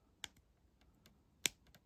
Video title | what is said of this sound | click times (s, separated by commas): FULL Review: Hornby TT120 Class 37, tested, grilled and approved! | That's it. Yeah. Could hear a click. | 1.5 s